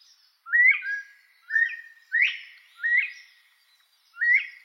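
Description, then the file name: Northern bobwhite song, clear whistled phrases, each a short note sliding into a sharply rising whistle, repeated several times. "canto da perdiz da virginia"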